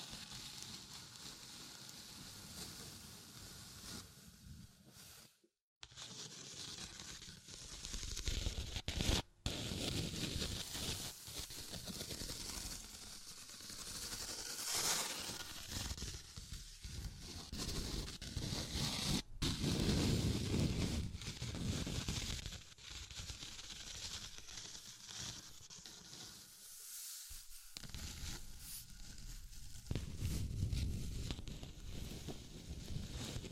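Dense scratching and tapping rub on continuously, swelling into heavier low rumbles at times, with abrupt cut-outs near five and twenty-seven seconds.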